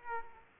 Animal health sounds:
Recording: mosquito wingbeat signal from an infrared sensor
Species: Aedes aegypti

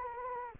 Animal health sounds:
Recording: mosquito wingbeat signal from an infrared sensor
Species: Anopheles arabiensis

